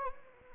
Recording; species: mosquito wingbeat signal from an infrared sensor; Anopheles arabiensis